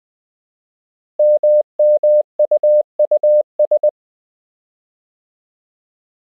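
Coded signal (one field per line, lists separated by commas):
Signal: Morse code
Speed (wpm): 20 wpm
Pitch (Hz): 600 Hz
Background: none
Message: MMUUS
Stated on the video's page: Koch method lesson 4 drill: English words and ham QSO patterns at 20 wpm, generated by a Morse learning app.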